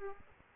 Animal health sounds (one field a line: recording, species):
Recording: mosquito wingbeat signal from an infrared sensor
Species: Aedes aegypti